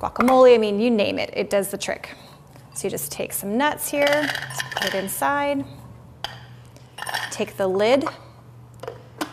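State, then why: Seated. Someone talks while nuts are put inside the bowl of a pull-cord food chopper, and its plastic lid is placed on top and twisted until it locks. Small ticking clicks at 8.8 and 8.9 seconds mark the lid locking into place on the bowl.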